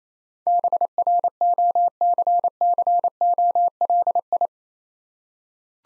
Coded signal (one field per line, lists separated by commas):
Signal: Morse code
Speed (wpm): 28 wpm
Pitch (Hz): 700 Hz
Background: none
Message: BROCCOLI